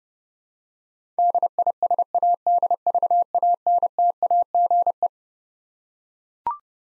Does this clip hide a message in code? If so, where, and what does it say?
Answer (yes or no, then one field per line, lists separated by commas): yes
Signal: Morse code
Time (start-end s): 1.2-5.1 s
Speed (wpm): 32 wpm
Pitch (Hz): 700 Hz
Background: none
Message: DISADVANTAGE